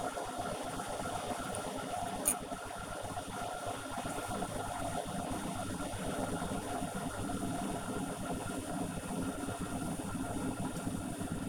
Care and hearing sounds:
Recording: household activities, microphone on the right wrist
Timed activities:
0.00-11.49 s: making tea

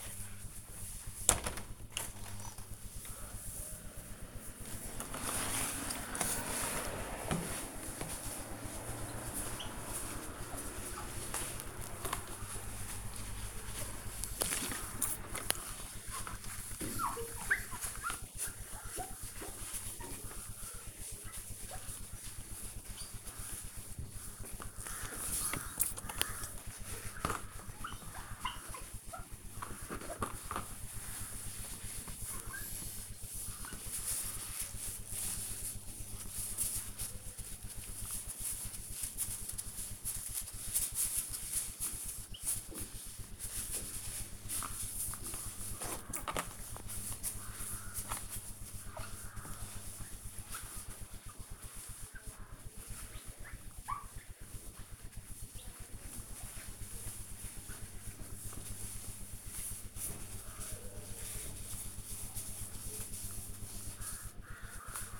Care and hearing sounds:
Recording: household activities, microphone on the right wrist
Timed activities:
0.00-65.20 s: window cleaning

